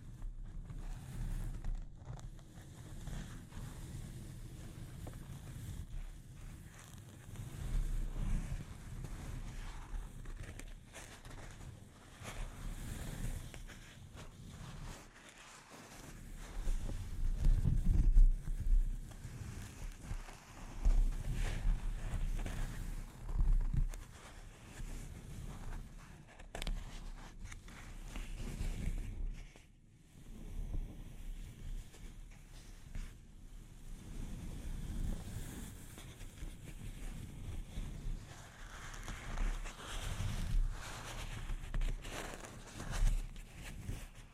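Delicate scratching and tapping on a microphone, mostly a low, muffled rumble with soft rustling that rises and falls throughout. Brief sharp taps and clicks break through irregularly, with a louder cluster around eighteen seconds and quieter dips near sixteen and thirty seconds.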